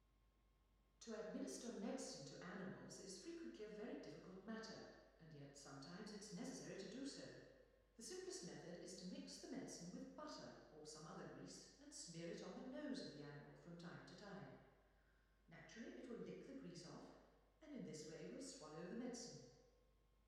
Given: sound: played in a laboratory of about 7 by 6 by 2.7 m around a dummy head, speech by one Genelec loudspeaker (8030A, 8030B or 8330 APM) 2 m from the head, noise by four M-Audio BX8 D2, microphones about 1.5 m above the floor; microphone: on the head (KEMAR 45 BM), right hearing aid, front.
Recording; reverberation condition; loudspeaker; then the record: female speech in English; high; behind (180 degrees)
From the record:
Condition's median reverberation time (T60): about 1300 ms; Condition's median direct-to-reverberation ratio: about -4.0 dB